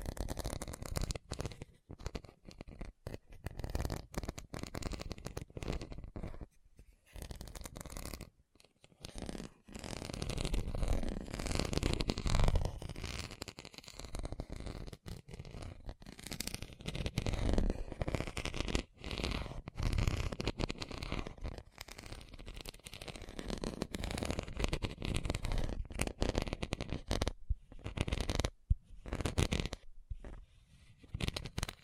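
Fast tapping runs almost without pause, a dense, rapid stream of crisp clicks and knocks with a full, slightly rough body. Brief silent breaks interrupt it around seconds 7 to 9, and again several times near 27 to 30, before the tapping resumes.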